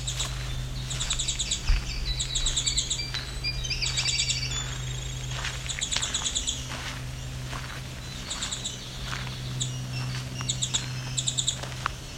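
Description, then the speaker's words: Winter Wren song: long runs of rapid, high tinkling trills and twitters over a steady low hum. Extremely long song, heard in the field. "The extremely long song is, of course, the winter wren."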